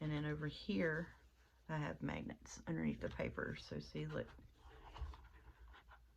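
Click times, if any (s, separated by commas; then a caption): none. Someone talks while handling a finished paper scrapbook folio with a magnetic flap closure, the magnets hidden under the paper on the flap and body. A faint sharp sound comes at about 5.1 s amid soft paper rustling. The flap has not snapped shut yet; nothing has seated or clicked.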